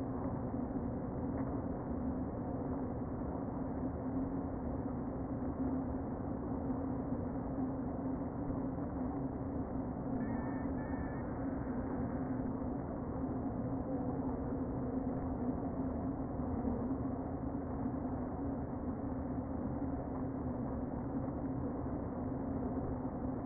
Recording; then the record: honeybee colony, microphone inside the hive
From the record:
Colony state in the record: queen present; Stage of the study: before two queens were removed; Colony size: about 60,000 bees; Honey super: yes